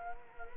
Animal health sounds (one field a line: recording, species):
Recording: mosquito wingbeat signal from an infrared sensor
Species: Culex quinquefasciatus